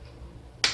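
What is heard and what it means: A pocket knife pries the plastic screen bezel off the display lid of an HP Pavilion 15-CD067CA laptop. After low background hum, a plastic latch snaps free with a sharp, bright click at 0.6 s that fades quickly. The latch pops open and releases.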